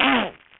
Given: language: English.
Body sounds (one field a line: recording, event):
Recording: throat vibration sensor signal played as sound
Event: throat clearing